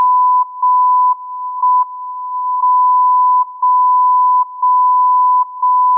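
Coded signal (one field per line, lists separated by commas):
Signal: radio time signal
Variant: JJY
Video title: JJY 60kHz Time signal, Morse code call sign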